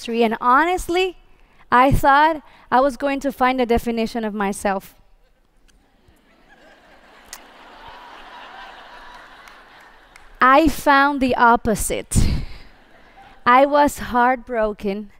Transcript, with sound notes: And, honestly, I thought I was going to find a definition of myself! (laughter) I found the opposite. I was heartbroken.